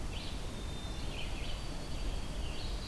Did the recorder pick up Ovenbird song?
no